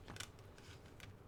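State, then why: Not seated. A Blu-ray/DVD disc is handled over the plastic center hub of its storage case, with light crackling plastic rustle and two brief sharp ticks near 0.2 s and 1.0 s. The disc has not snapped onto the hub yet; nothing has seated.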